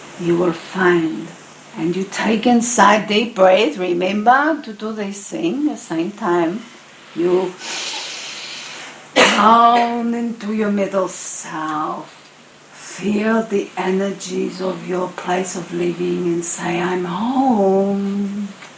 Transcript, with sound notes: you will find, and you take inside deep breath, remember to do this thing, same time you (takes a deep breath) down into your middle self, feel the energies of your place of living and say I'm home